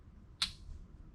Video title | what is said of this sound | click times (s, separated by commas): 318 340 Engine Progress / Barracuda Update | Okay, you hear it click? | 0.4 s